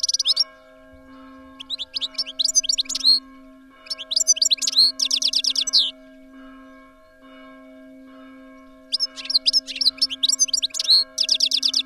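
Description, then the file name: European goldfinch song in several twittering bursts with buzzy trills and chirps, a long quiet gap in the second half, and a constant low hum underneath. "tengelic"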